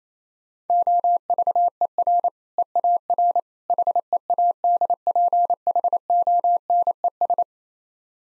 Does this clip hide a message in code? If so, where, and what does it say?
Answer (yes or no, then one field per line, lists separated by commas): yes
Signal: Morse code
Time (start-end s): 0.7-7.4 s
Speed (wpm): 29 wpm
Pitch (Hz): 700 Hz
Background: none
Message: OVER EAR HEADPHONES